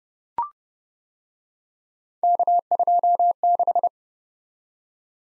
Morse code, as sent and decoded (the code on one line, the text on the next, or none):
-.- ..--- -....
K26